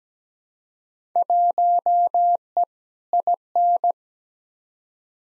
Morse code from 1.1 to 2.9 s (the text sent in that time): 1E